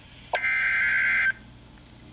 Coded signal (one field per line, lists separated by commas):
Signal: Emergency Alert System (SAME) tones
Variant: header bursts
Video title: Special Marine Warning (EAS #1,167)